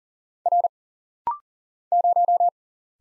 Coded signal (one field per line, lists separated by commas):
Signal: Morse code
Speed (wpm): 40 wpm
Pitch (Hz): 700 Hz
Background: none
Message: R 0